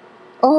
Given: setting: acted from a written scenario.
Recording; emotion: vocal sound without words; positive surprise